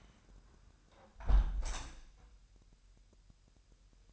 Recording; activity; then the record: daily activity, microphone in the room; close window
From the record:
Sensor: 2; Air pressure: 1000.0 hPa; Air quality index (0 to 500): 239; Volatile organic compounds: 78 ppm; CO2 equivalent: 3586 ppm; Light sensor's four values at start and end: 9/21/8/9 and 8/20/8/8